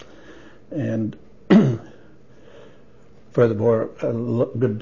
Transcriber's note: clears throat